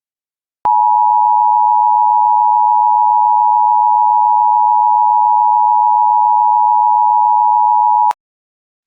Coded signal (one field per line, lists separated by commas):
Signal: Emergency Alert System (SAME) tones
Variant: 853 and 960 Hz attention tone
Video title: EAS Civil Emergency Message Waterville Plateau, Washington Highway Closures from "Extreme Weather"